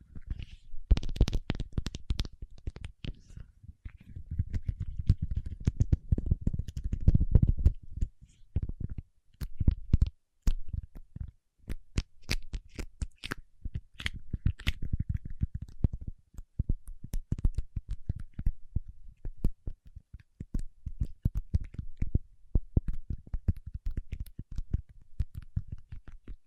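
Paraffin wax is peeled, tapped and scratched in a dense run of sharp clicks and crackles. The first eight seconds carry a heavier, low rumbling scrape under the clicks. After that, sparser taps and brittle snaps arrive irregularly, with brief quiet gaps.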